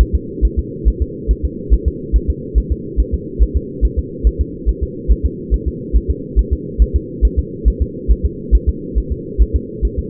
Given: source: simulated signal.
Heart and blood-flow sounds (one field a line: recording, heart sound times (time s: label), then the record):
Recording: fetal heart sounds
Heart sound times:
0.01 s: S1
0.15 s: S2
0.45 s: S1
0.59 s: S2
0.88 s: S1
1.02 s: S2
1.31 s: S1
1.45 s: S2
1.74 s: S1
1.88 s: S2
2.16 s: S1
2.30 s: S2
2.58 s: S1
2.72 s: S2
3.00 s: S1
3.14 s: S2
3.42 s: S1
3.57 s: S2
3.85 s: S1
3.99 s: S2
4.27 s: S1
4.41 s: S2
4.69 s: S1
4.83 s: S2
5.12 s: S1
5.26 s: S2
5.54 s: S1
5.68 s: S2
5.96 s: S1
6.10 s: S2
6.39 s: S1
6.53 s: S2
6.82 s: S1
6.96 s: S2
7.25 s: S1
7.39 s: S2
7.68 s: S1
7.82 s: S2
8.11 s: S1
8.25 s: S2
8.55 s: S1
8.69 s: S2
8.98 s: S1
9.12 s: S2
9.42 s: S1
9.56 s: S2
9.85 s: S1
9.99 s: S2
From the record:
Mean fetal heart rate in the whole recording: 140 bpm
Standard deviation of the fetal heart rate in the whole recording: 2 bpm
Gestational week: 34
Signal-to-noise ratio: -4.1 dB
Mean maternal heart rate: no maternal heart sound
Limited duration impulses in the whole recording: absent